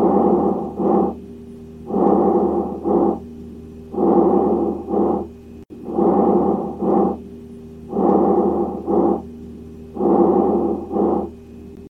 Tachypnea, or high respiratory rate, is a result of the physiological respiratory drive. It can also be seen and heard unaided. It sounds like this during auscultation.